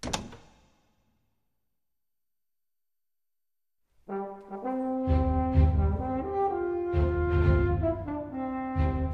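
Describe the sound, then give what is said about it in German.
A bedroom door is quietly shut and locked with a single soft thud that quickly fades, followed by a few seconds of silence before sustained, tonal music begins and continues to the end. “verschwand im Schlafzimmer und verschloss hinter sich leise die Tür.”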